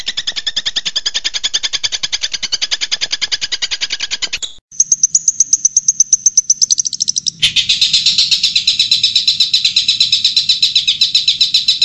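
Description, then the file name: Long-tailed shrike song: a fast, steady series of scratchy high notes, then a thin high trill, followed by loud, dense buzzy chattering. Combined track used for training pet birds. "kombinasi tren cendet"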